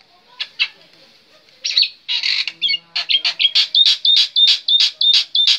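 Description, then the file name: Black-winged myna song: a few notes after a quiet start, then a steady series of harsh, slightly whistled notes, about three each second. Indonesian name jalak putih; bird described as gacor, singing constantly. "suara jalak putih gacor"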